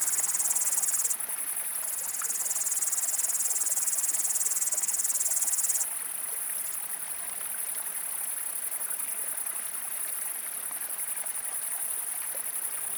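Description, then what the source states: Upland green bush-cricket song, a loud, unbroken high-pitched sizzling buzz that changes in tone and drops in level twice, with a trickling stream beneath. Single individual, great green bush-crickets all around, flowing stream; evening 20 August 2018, 19:00–19:30, 1200 m, Drôme, France; windless, stormy cloudy sky, 20–22 °C; Nagra Seven, MKH40.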